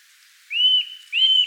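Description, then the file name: Eurasian nuthatch calling with two drawn-out whistled notes, each rising then leveling, loud and clear against a quiet background. "Sitta europaea"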